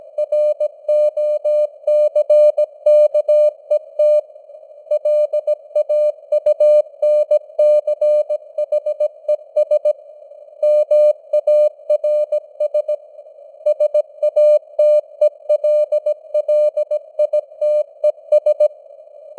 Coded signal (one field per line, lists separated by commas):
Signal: Morse code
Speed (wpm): 17 wpm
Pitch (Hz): 600 Hz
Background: none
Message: ROCKET LAUNCHES MARS SATELLITES